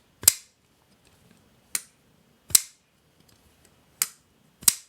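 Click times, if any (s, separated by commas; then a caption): 0.3 s, 2.6 s, 4.7 s. A We Knife Co. Ferrum Forge Minax folding pocketknife is flipped open and closed several times. Sharp, bright clicks at 0.3 s, 2.6 s and 4.7 s are the blade locking open into the handle lock, with quieter, softer hits at about 1.8 s and 4.0 s as it closes. The blade locks open each time with a clean click.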